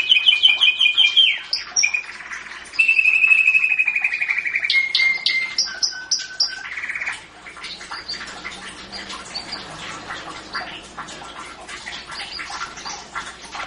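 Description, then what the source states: Canary song, a long varied warble with rapid trilled rolls, sliding tour changes and high chirps; a dense fast tail of twitters fills the second half. Champion singing canary.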